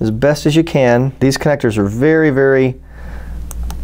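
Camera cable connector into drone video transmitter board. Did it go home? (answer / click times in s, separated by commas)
yes / 3.5 s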